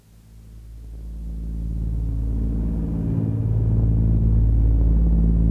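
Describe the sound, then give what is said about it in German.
Airplane engines drone steadily in flight, heard aboard a plane bound for New York, a deep rumbling hum with layered low tones that gradually swells louder and then holds, with no voices over it. “Aber dieses ewige Brummen der Motoren schläfert ein.”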